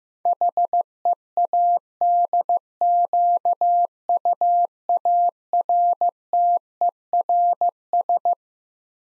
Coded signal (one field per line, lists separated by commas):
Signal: Morse code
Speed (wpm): 15 wpm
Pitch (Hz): 700 Hz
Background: none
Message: HEADQUARTERS